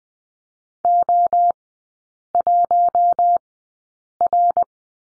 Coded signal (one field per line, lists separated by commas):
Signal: Morse code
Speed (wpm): 20 wpm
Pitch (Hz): 700 Hz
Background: none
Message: O1R